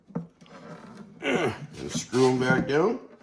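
Someone talks while handling the taillight bulb sockets, fitted with new AUXITO LED bulbs, to put them back into the plastic taillight housing of a 1999 Plymouth Grand Voyager and turn them until they lock. A brief sharp knock is heard near 0.2 s, with the voice over the rest of the clip. Nothing has seated or clicked yet.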